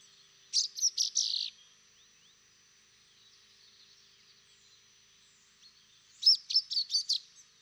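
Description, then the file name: Common chaffinch: a burst of four high chirped notes, a pause of several seconds, then a second similar burst, with faint background hiss. "Fringilla coelebs"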